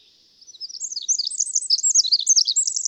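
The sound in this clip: Bird song rising in loudness, rapid high chirps and short trills twittering continuously after a brief quiet start.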